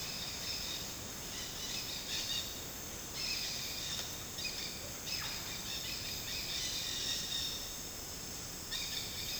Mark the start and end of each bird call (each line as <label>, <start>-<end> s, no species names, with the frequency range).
bird call (1.2-7.3 kHz), 0.00-0.93 s
bird call (1.4-8.4 kHz), 1.33-2.50 s
bird call (1.2-7.8 kHz), 3.15-7.61 s
bird call (0.7-8.1 kHz), 8.70-9.39 s